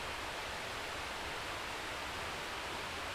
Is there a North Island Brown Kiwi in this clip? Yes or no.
no